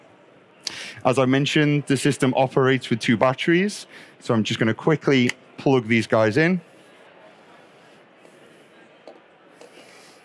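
Two batteries are being readied to plug into a NavVis VLX mobile mapping scanner while a man talks through most of the clip. After the talking stops around 6.6 seconds, only quiet handling noise and a faint tap near 9.1 seconds are heard. Nothing has seated or clicked yet.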